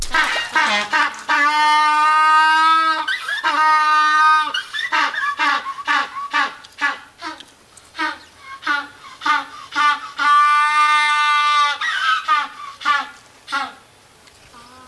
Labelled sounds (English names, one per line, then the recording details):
African Penguin call
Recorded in captivity
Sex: group
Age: diverse
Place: Tierpark Berlin, Berlin, DE
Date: 1983-12-24 11:37
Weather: sunny, 1-3°C, no wind
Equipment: Nagra SN, Sennheiser MKH 416 T, Kopie Uher 4000 Report Monitor
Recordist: Tembrock, Günter